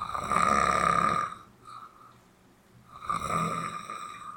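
Two loud, buzzy snores, each about 1.3 seconds, separated by a quiet pause of roughly 1.5 seconds, over a faint steady hiss of rain. The rattling, fluttering tone is that of ordinary snoring.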